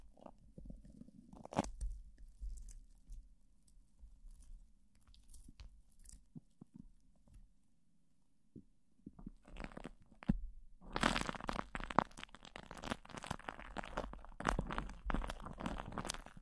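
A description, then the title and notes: Plastic wrap rustles and crinkles against a microphone. The first ten seconds hold sparse, soft crackles and a low rumble with quiet gaps. Near eleven seconds the handling turns loud and dense, a continuous crunching crackle that lasts to the end. PLASTIC WRAP ON THE MIC (EXTRA TINGLY).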